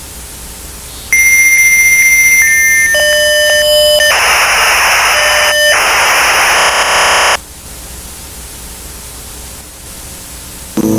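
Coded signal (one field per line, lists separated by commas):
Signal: dial-up modem handshake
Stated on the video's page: Dial-up sound in a claimed television broadcast hijack during a cartoon episode.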